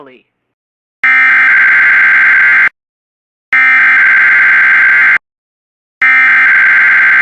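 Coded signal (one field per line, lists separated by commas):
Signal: Emergency Alert System (SAME) tones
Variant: header bursts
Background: speech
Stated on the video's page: EAS tones of a Canadian weather radio freezing rain warning, relayed via an IP radio stream.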